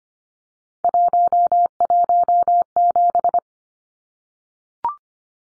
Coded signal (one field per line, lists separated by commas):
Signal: Morse code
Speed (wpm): 25 wpm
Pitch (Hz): 700 Hz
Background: none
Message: 117